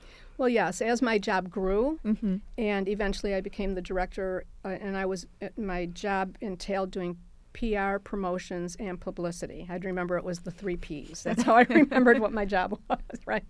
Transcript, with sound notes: Well, yes, as my job grew, and eventually, I became the director, and my job entailed doing PR promotions and publicity. I'd remember it was the 3Ps. [LAUGHTER] That's how I remembered what my job was.